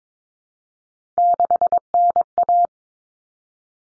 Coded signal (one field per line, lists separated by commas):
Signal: Morse code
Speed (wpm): 22 wpm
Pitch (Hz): 700 Hz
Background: none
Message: 6NA